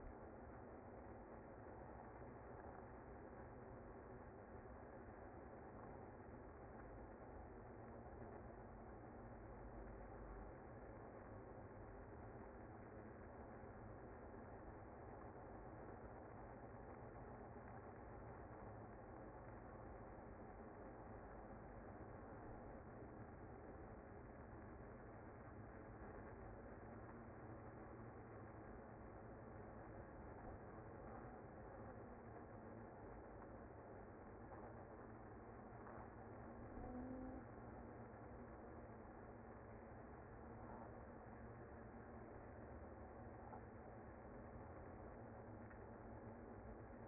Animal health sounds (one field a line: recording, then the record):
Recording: honeybee colony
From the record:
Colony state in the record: active